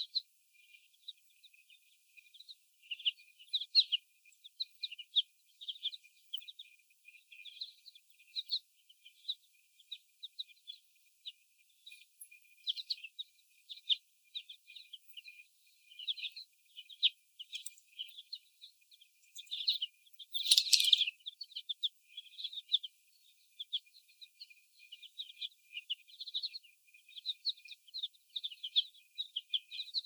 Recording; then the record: young laying hens in a cage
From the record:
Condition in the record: before the stressor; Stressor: sudden umbrella opening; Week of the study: 1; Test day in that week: 1